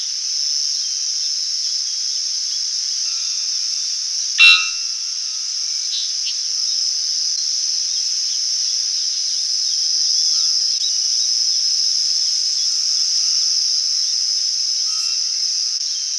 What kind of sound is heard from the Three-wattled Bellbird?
song